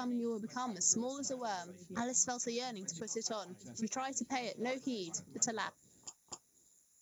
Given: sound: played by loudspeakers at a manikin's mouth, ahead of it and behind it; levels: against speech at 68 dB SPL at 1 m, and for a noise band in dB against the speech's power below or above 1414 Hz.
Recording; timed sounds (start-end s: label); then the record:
test signals for a remote microphone
0.00-5.69 s: woman speaking, babble ahead at +6 dB SNR for speech at 1 m
6.06 s: click
6.31 s: click
From the record:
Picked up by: remote microphone A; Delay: 47 ms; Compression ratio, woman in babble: 7.77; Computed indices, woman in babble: HASPI 0.969, HASQI 0.340 (non-linear 0.394, linear 0.863), ESTOI 0.759